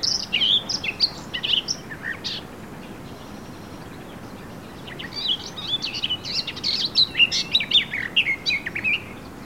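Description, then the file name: Eurasian blackcap song: a short burst of quick chirps, a pause of a few seconds, then a longer, rich warbling phrase with whistled notes. "Sylvia atricapilla"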